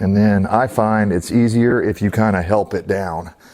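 A detachable saddlebag is being helped down onto its docking points on a 1999–2007 Softail motorcycle so the quick-release latch can engage. Someone talks throughout, and nothing has seated or clicked yet.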